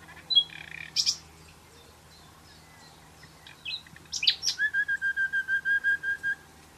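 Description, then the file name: Common nightingale song: sharp high notes, then a rapid, even series of many pulsed notes on a steady pitch. "Luscinia megarhynchos"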